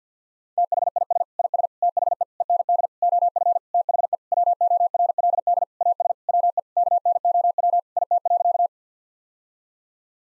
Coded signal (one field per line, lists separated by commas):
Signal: Morse code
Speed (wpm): 50 wpm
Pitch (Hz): 700 Hz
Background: none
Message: THIS IS THE END OF THE WORLD AS WE KNOW IT.